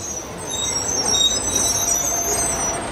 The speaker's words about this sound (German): Der Bus kam.